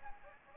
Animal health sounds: mosquito wingbeat signal from an infrared sensor; Anopheles gambiae

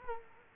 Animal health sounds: mosquito wingbeat signal from an infrared sensor; Culex quinquefasciatus

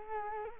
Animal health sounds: mosquito wingbeat signal from an infrared sensor; Culex quinquefasciatus

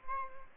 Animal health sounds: mosquito wingbeat signal from an infrared sensor; Aedes albopictus

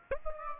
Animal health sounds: mosquito wingbeat signal from an infrared sensor; Aedes aegypti

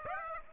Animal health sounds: mosquito wingbeat signal from an infrared sensor; Aedes aegypti

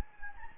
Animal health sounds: mosquito wingbeat signal from an infrared sensor; Anopheles gambiae

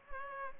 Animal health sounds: mosquito wingbeat signal from an infrared sensor; Culex pipiens

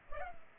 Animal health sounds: mosquito wingbeat signal from an infrared sensor; Culex pipiens

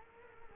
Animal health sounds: mosquito wingbeat signal from an infrared sensor; Culex quinquefasciatus

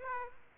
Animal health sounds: mosquito wingbeat signal from an infrared sensor; Aedes aegypti

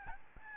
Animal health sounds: mosquito wingbeat signal from an infrared sensor; Aedes albopictus

